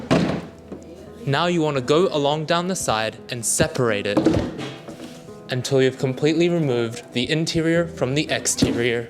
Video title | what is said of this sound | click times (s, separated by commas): Installation Stage 2 - Assembling your Ogawa Massage Chair | pull it out until you hear a pop | 0.1 s